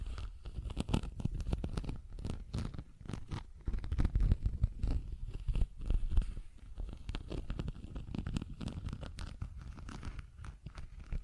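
Busy ASMR tapping and scratching with rapid, uneven clicks and rasps, dense throughout, plus a zipper-like tearing texture and low rumbles underneath.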